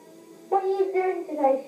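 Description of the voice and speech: A young child says a brief, rapid phrase of about a second in a quiet room; the consonants are blurred and the words are hard to make out. This is a childhood phonological disorder with sound substitutions and simplified or missing consonants: initial P, B and D all come out as B, and the S sound cannot be produced.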